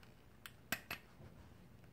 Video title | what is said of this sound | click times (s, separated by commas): Conquering COPD Book Video for Day #9 "MEDICATIONS" | the inhale or the liquid is going to go in the inhaler so you're going to push it in until you hear click okay | 0.7 s